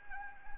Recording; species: mosquito wingbeat signal from an infrared sensor; Anopheles arabiensis